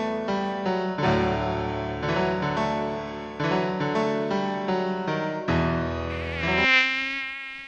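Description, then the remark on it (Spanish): A loud, continuous buzz of the mosquito that transmits dengue drones on alone, a steady harmonic whine that wavers slightly in pitch and swells into a higher, rising whine near the end. “El mosquito que transmite el dengue vive en el agua clara, que parece limpia, y se junta en las gomas, los tachos, los aljibes, cacharros, chapas acanaladas que juntan agua, tanques de agua sin tapa y floreros.”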